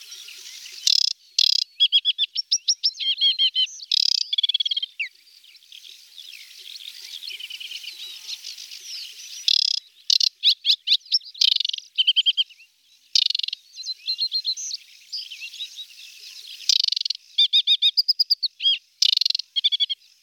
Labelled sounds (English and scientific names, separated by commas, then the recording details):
Aquatic Warbler (Acrocephalus paludicola) song
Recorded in the wild
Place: Nagyivan / Hortobagy, HU
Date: 1988-05-09
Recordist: Schwarz, Dieter